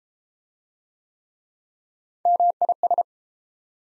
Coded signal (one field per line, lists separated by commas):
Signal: Morse code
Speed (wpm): 31 wpm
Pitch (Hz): 700 Hz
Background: none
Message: MIS